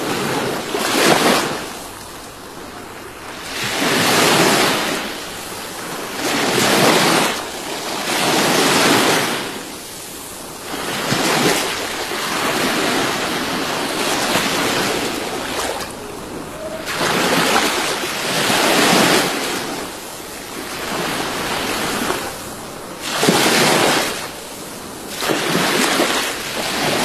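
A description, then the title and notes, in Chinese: Real ocean waves wash in and out in repeated surges every few seconds, each a loud rushing hiss that fades before the next arrives. 大自然的声音：真实的海浪声。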